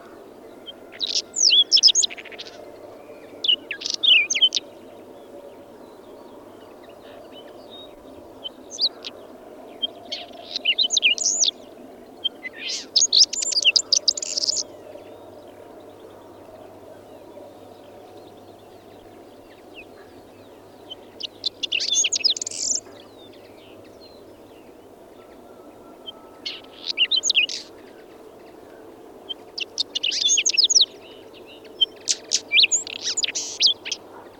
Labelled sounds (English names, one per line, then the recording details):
Whinchat song
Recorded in the wild
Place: Lewitzrand, Insel Rügen, Mecklenburg-Vorpommern, DE
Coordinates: 53.456, 11.699
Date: 1976-05-02
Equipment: Nagra III BH, Sennheiser MD 21, parabola
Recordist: Schubert, Michael